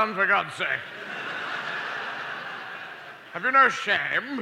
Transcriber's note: soundbite of laughter